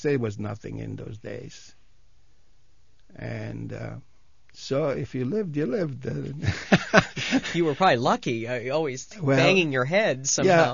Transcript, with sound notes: There was nothing in those days. And so if you lived, you lived. (he laughs)
You were probably lucky, always banging your head somehow.